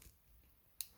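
A crimping tool squeezes a plastic RJ45 plug on a Cat 6 network cable, pressing the pins down into the wires. After near silence, a sharp, bright snap lands at 0.8 s as the pins seat into place.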